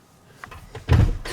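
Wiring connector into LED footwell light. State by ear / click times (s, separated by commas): not seated / none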